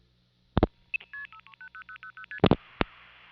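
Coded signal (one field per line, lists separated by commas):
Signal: multi-frequency trunk signalling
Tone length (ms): 80 ms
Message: 30000ST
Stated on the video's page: Old telephone network signalling: 4A revertive pulsing on a short long-distance call from New York City to New Jersey.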